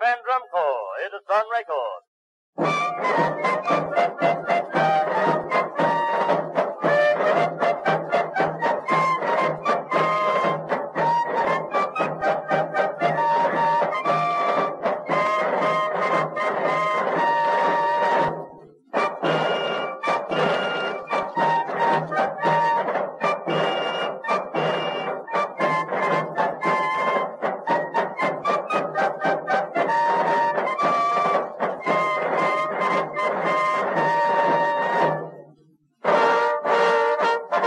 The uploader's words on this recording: Warm Instrumental & Cozy Coffee Shop Ambience.